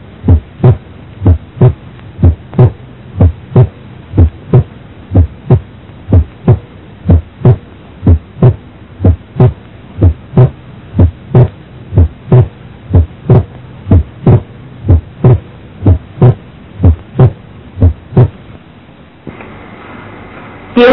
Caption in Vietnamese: Ở người bình thường khi hít sâu, ta có thể nghe T2 tách đôi sinh lý ở ổ nghe van động mạch phổi.